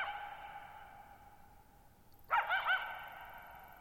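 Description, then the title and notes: Coyote yipping: a fading echo, then a short burst of three quick wavering yips with a lingering tail. Lone coyote calling for nearly 50 minutes at night, July 14, 2019, Thirtymile Meadows, Okanogan National Forest, Okanogan High Country, Pacific Northwest, 6400 ft (1950 m); shallow bowl-shaped meadow on high, dry plateau. "Lone Coyote at Thirtymile Meadows. night of July 14, 2019, camped near Thirtymile Meadows in the Okanogan National Forest at 6400 ft (1950 m)"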